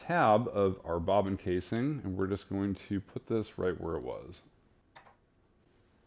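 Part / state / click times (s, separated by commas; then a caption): bobbin case into embroidery machine hook / seated / 5.0 s. Someone talks while a metal bobbin case is held by its tab and put back into the hook of a Brother PR1055X 10-needle embroidery machine. When the tab is released, the case snaps into place with a short, faint click at 5.0 s, and the bobbin case is seated.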